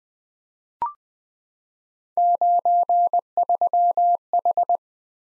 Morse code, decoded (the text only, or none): 93H